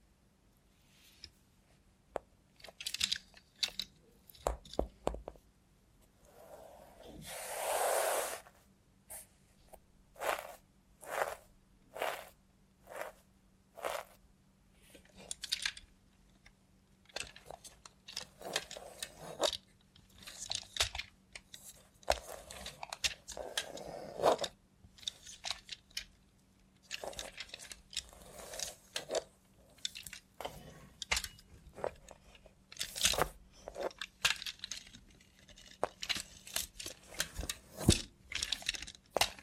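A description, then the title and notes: ASMR with a robot hand: a steady stream of sharp clicks, taps and clacks, some isolated and some in quick bursts. Around eight and twenty-four seconds come longer rustling or whooshing swells. A low, faint hum sits underneath throughout. Try ASMR with a Robot Hand (No Talking).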